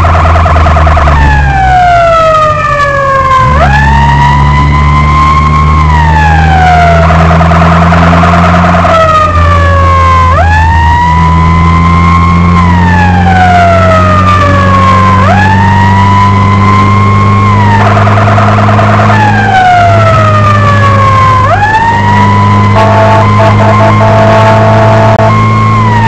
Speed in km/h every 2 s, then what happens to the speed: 70, 48, 51, 61, 64, 61, 65, 68, 72, 76, 76, 75, 77.
0-2 brakes to 48. 4-6 speeds up to 61. 6-11 steady at about 61. 11-18 speeds up to 76. 18-26 steady at about 76.